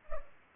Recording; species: mosquito wingbeat signal from an infrared sensor; Culex pipiens